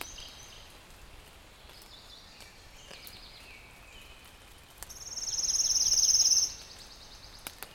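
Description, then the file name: Pale-legged leaf warbler delivering a single high, fast trill near the end, preceded by quiet background hiss and scattered faint bird notes. "warbler-pale-legged-leaf a-Phylloscopus-tenellipes"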